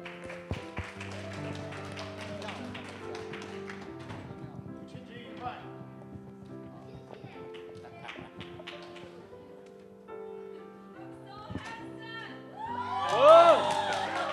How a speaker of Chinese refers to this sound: 我们给我们的弟兄一个掌声来。